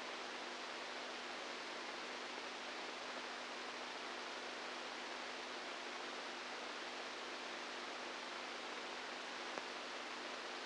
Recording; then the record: brain microelectrode recording played as sound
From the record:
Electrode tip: inside the subthalamic nucleus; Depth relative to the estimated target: -3 mm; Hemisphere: right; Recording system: NeuroSet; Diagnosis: Parkinson's disease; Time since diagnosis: 10 years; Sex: female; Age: 67 years